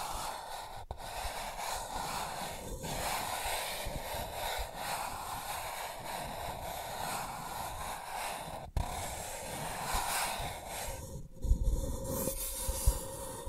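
Sensitive tracing sounds: a steady, dense scratchy rustle runs throughout, soft and even, like fingertips or a tool dragged over a textured surface. Brief dips break it near one, three and nine seconds, and a rougher burst of scraping arrives around eleven to twelve seconds.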